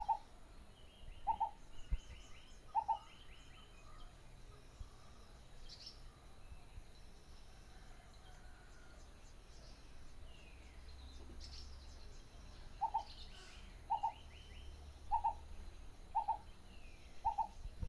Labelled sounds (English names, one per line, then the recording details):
Black Coucal
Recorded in northern Uganda